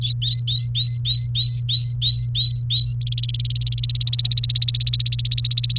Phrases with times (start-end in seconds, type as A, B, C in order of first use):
0.01-2.93 A, 3.01-5.79 B